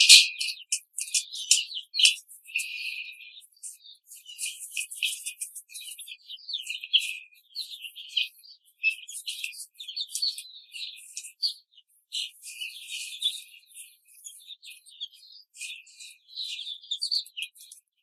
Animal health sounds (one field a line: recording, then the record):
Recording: young laying hens in a cage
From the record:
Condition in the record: control cage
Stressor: none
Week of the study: 5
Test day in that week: 1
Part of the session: 1